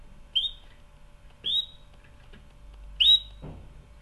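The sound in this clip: Canary calling with three bright, rising chirp notes, each briefly sliding upward and spaced over a second apart, against a quiet background.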